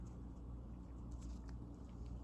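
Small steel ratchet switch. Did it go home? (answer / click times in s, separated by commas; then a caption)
no / none. During reassembly of a Penncraft (New Britain) 4100 steel quick release ratchet with 1/2 inch drive, the quick release switch is turned in the ratchet head, heard as faint small metal taps over a steady low hum. The clip ends before the switch goes home; nothing has clicked or seated yet.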